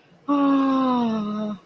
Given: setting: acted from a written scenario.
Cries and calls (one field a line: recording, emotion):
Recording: vocal sound without words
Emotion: awe